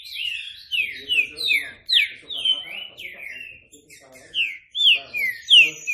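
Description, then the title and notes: Green-winged saltator song: loud, clear whistled phrases of slurred, downward-sweeping notes, delivered in quick bursts with short pauses between them. Classic-style song (canto clássico) used for training (treinamento). "Canto Clássico Trinca Ferro TREINAMENTO. trinca fero"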